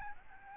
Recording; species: mosquito wingbeat signal from an infrared sensor; Aedes albopictus